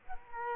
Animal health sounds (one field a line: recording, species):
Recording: mosquito wingbeat signal from an infrared sensor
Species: Culex quinquefasciatus